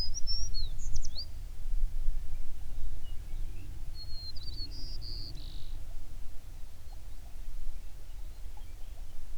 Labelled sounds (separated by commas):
songbird